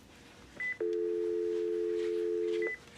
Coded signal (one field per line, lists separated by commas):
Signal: telephone call progress tone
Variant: North America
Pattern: dial tone